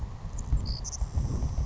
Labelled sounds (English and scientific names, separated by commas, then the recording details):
Savannah Sparrow (Passerculus sandwichensis)
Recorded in Sonoma County, California